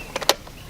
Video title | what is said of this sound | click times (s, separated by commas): Electric Biking E biking Pedego Boomerang A Great E Bike For Seniors | You hear that? Yes. Now I know it's clicked in and I know it's on, so when we get up here to electronics, | 0.3 s